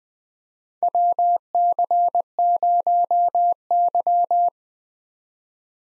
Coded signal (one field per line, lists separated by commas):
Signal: Morse code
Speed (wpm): 20 wpm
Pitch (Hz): 700 Hz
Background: none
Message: WC0Y